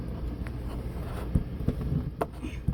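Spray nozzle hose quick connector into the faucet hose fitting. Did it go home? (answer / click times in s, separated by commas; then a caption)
no / none. The spray nozzle hose end piece of a travel trailer's indoor faucet is lined up with the faucet's hose fitting and handled against it. Soft handling and rubbing noises are heard over a low background hum, with brief sharp taps near 0.5 s and 2.2 s. The quick connector has not clicked or seated yet.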